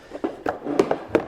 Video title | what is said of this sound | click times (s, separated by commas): 3 New DeWalt Tool Storage Kits! ToughSystem Storage Review | there we go locked in place too | 1.1 s